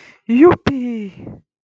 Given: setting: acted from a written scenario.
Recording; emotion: vocal sound without words; realization